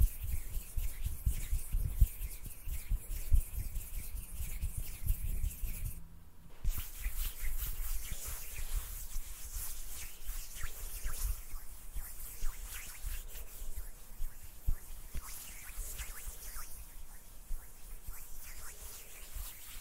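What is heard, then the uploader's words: Intense hand sounds: palms rubbing and brushing together in a dense, continuous stream of dry scratchy friction with frequent small crackles and taps. A brief near-silent gap falls around six seconds, then the rubbing resumes steadily, with a faint low rumble underneath. ASMR HAND SOUNDS NO TALKING,INTENSE HAND SOUNDS ASMR NO TALKING. ASMR HAND MOVEMENTS.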